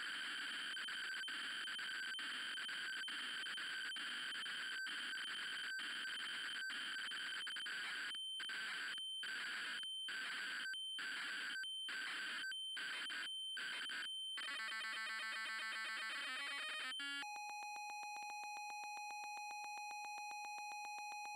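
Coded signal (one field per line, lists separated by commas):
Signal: ZX Spectrum tape loading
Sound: harsh buzzing data screech, choppy pulsed bursts, then a steady buzzy lead tone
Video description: The noise you hear is actually the cassette tape communicating its code into the Spectrum.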